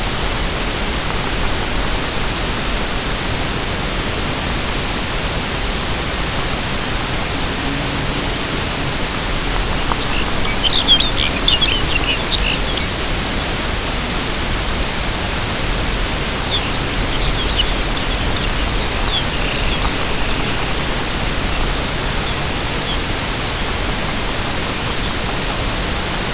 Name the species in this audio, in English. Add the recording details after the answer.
Lapland Longspur, Dunlin. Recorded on Arctic tundra, site UTQI-0, on 13 June 2019. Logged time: 00:00